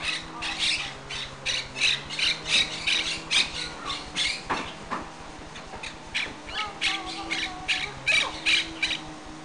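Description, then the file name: Bird giving loud, scratchy squawking notes in rapid uneven bursts, with a continuous low hum underneath. "bird 2-Ben"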